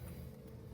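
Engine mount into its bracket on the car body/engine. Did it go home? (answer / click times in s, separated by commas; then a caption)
no / none. A new engine mount is being worked into its bracket on the body/engine of a Jeep Renegade 1.8 during a mount swap prompted by a suspension noise. A steady low rumble fills the clip with no sharp hits and no talk. Nothing has seated or clicked yet.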